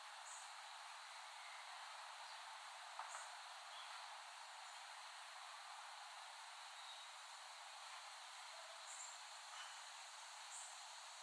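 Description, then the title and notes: Cicadas give a steady, dense buzzing drone that runs unbroken throughout, with brief higher chirps pulsing faintly above it. Recorded in late summer 2008 in West Brighton, Staten Island. "Dronecast. The Cicadas of Summer. Recording of cicadas made by Dan Bodah in West Brighton, Staten Island, late summer 2008"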